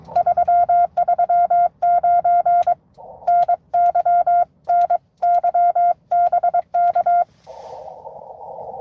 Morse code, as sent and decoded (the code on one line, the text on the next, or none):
...-- ...-- ----. / -. -.-- / -. / -.-- -... -.-
339 NY N YBK